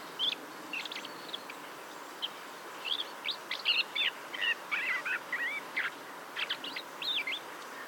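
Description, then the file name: Common blackbird calls, a run of short high chattering and chirping notes with a few slurred whistles, steady throughout over a hissy background. "Turdus merula"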